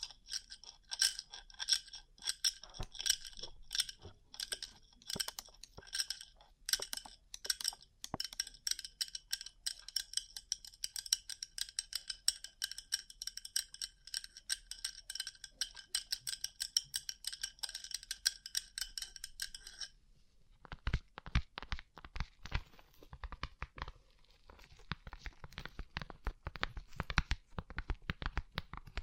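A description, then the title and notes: Rapid tapping on a rhinestone-covered surface, a dense stream of small, bright clicks and clinks that sparkle with a ringing shimmer for the first twenty seconds. After a short pause, the tapping resumes drier and duller, with crisp, crunchy ticks continuing to the end. ASMR Rhinestone Covered Tapping 3Dio (No Talking).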